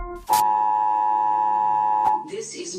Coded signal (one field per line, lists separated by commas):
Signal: Emergency Alert System (SAME) tones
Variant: 853 and 960 Hz attention tone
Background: speech, music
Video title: EAS AIARM BABYBUS